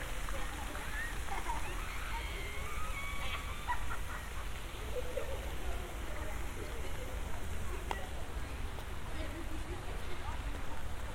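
A walk through Central Park, with a steady, dense wash of low rumble and hiss running the whole time. Faint voices drift in and out, with a few brief tonal calls or squeaks around three to four seconds and a sharp click near eight seconds.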